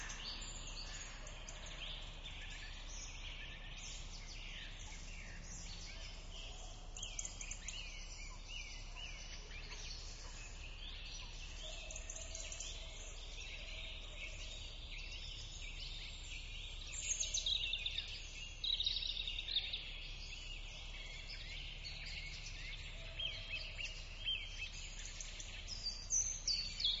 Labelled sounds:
Common Frog (Rana temporaria) call

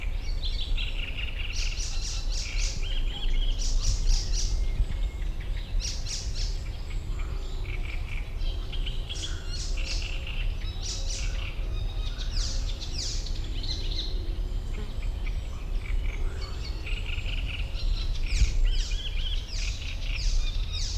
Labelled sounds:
Common Cuckoo (Cuculus canorus) call

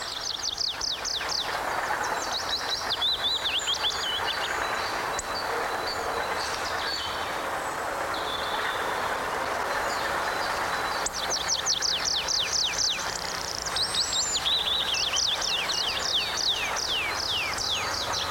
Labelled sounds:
Yellowhammer (Emberiza citrinella)

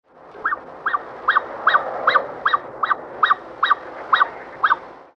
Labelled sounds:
Black-necked Swan (Cygnus melancoryphus)

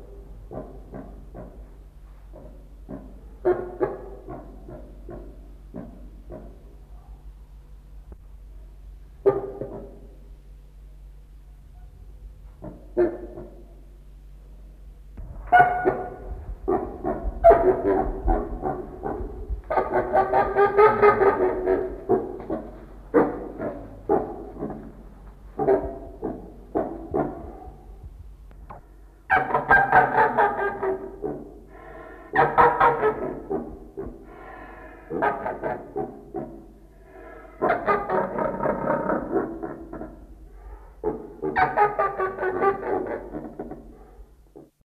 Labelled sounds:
Coscoroba Swan (Coscoroba coscoroba) call

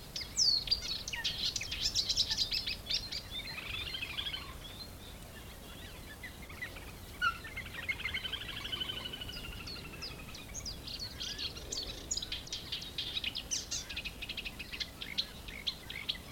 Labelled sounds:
Eurasian Reed Warbler (Acrocephalus scirpaceus)

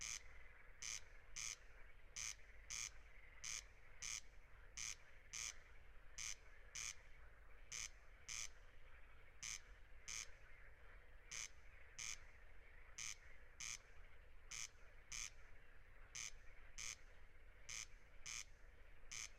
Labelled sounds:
Corn Crake (Crex crex) song

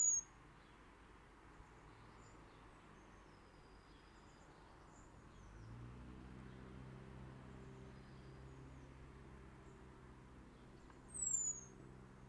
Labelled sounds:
Common Blackbird (Turdus merula) call

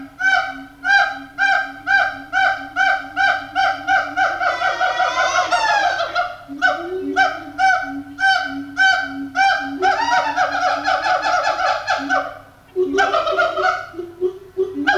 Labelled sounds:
Siamang (Symphalangus syndactylus)

